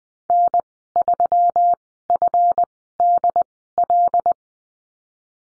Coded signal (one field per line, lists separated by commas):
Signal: Morse code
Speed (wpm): 20 wpm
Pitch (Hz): 700 Hz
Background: none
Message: N3FDL